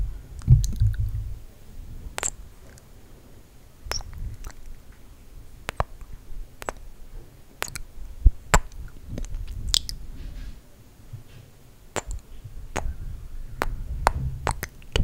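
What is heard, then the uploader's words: Slow mic kisses with lip gloss: sharp, bright smacks and clicks land every second or so across the whole stretch, some in quick pairs. Between them, soft low thumps and muffled rumbling swell and fade, with quiet gaps of near silence. ASMR MIC KISSES Slow Tingly sounds w lip gloss.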